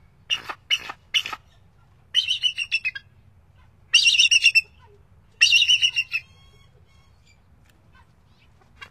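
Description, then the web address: Bald eagle giving high, thin chattering calls: a few quick sharp notes, then three bursts of rapid piping notes, each lasting under a second, separated by pauses. North America. "Songs of Birds of North America Stokes. Bald Eagle"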